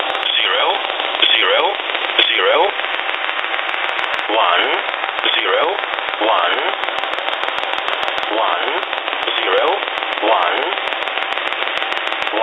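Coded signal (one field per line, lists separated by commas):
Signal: numbers station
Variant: E07a English Man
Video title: Russian E07a "English Man" number station at 11082 kHz (null message)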